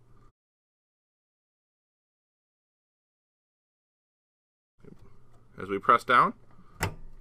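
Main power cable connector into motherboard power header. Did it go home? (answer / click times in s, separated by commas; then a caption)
yes / 6.8 s. The main multi-pin plastic power cable connector is pressed down onto the motherboard power header while someone talks. A sharp click is heard at 6.8 s as its side clip locks, and the connector is seated.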